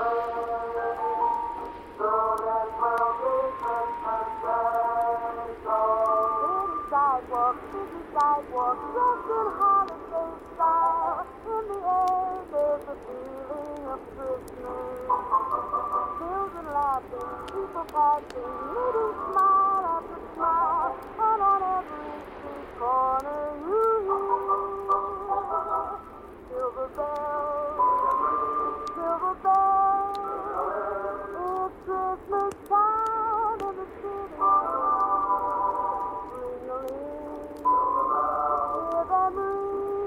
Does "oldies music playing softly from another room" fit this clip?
yes